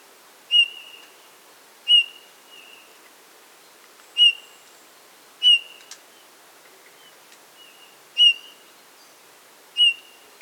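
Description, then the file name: Eurasian bullfinch piping calls, short flat whistles at irregular gaps of one to three seconds, with occasional faint ticks and softer notes between them. "Pyrrhula pyrrhula"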